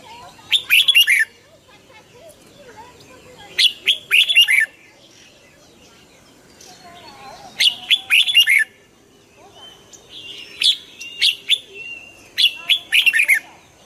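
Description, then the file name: Red-whiskered bulbul song: short bursts of bright, warbling, slurred notes with sharp clicks, several phrases spaced a few seconds apart, quiet between. Hue strain red-whiskered bulbul singing in the "giọng kép" (double-voice) song style. "Tieng chao mao hue hot giong kep"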